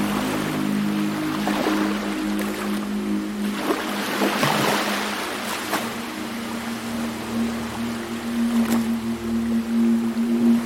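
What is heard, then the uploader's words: Beach sounds with a steady wash of surf and water running through the whole stretch, swelling a little around four to five seconds. Underneath, a low sustained hum of tones holds almost constant, joined by a few brief clicks and knocks. Mystery at the Beach: Exploring the Soothing Blend of Beach Sounds and Ambient Music.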